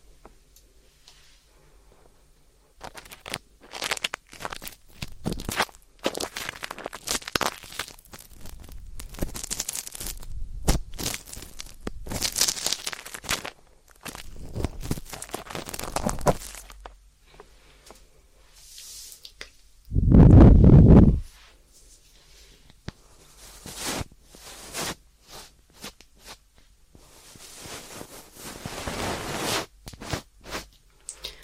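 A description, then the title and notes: Ear cleaning, heard as close scratching and rubbing that comes in bursts of a second or two, with quiet gaps between. The strokes are crackly and bright. Near 20 seconds a louder, deeper rumbling scrape lasts about a second before the lighter rubbing resumes. ASMR 자극주의 따끔따끔 3dio 귀청소 | ear cleaning.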